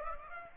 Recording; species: mosquito wingbeat signal from an infrared sensor; Aedes aegypti